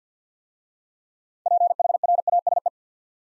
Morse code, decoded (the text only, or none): PHRASE